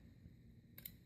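Plastic filament pushed into a hot 3D printer extruder makes its spring-loaded idler click at 0.8 and 0.9 seconds, two sharp bright clicks over a low steady hum. The filament is released and no longer held under grip pressure.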